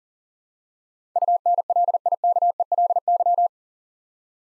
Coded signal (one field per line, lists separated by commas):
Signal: Morse code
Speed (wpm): 39 wpm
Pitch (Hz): 700 Hz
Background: none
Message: UNLIKELY